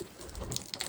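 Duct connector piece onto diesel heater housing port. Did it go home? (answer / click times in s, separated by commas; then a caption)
no / none. A recessed duct connector piece is twisted onto the housing port of a VEVOR diesel heater, a spin-and-lock fitting that takes about a quarter or eighth turn. Soft rubbing and handling sounds are heard, with two brief sharp ticks at about 0.6 s and 0.8 s as it turns. The piece is still being handled and has not seated or locked yet.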